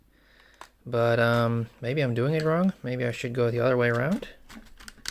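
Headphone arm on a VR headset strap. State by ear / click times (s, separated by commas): not seated / none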